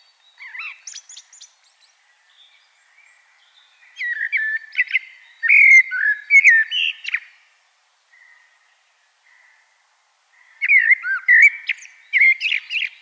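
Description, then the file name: Common blackbird song in several separate phrases: low fluted whistles followed by higher chattering twitters, with pauses of a few seconds between them. "Turdus merula"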